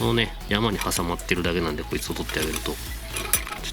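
Someone talks while freeing the locking clasp of a downspout mounting bracket on a shed, which is only hooked over a ridge. Lifting the clasp off the ridge makes it pop open with a sharp click at 3.3 s, releasing the bracket.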